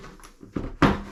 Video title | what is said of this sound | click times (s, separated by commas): Bathroom Remodel Pt. 3 - Bathroom Makeover Reveal - From Ruins To Stunning - DIY Bathroom Remodel | take your wash lit and push onto the bracket until you hear a click | 0.8 s